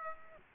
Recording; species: mosquito wingbeat signal from an infrared sensor; Aedes aegypti